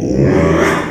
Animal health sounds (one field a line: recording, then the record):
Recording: squeal of a Yucatan mini pig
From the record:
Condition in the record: after surgery on the right vocal fold (resection and tissue-engineered implant)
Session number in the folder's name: 3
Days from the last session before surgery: 33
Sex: male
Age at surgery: 12 weeks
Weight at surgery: 13 kg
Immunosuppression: cyclosporine, prednisolone